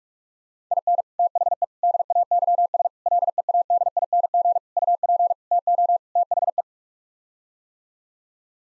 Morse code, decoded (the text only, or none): IN THE DAYS LEADING UP TO THE